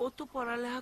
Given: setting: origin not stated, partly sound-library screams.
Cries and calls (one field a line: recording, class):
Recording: one-second piece from a danger detection set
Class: normal situation